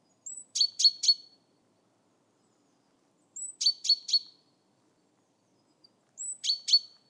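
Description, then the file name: Great tit call: a short high sliding note then two or three scratchy, churring notes, the phrase heard three times about three seconds apart. "Parus major"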